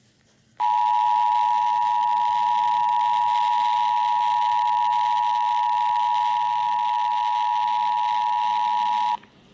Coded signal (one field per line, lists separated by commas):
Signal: Emergency Alert System (SAME) tones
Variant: 853 and 960 Hz attention tone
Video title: Iowa Required Monthly Test (EAS #73-75)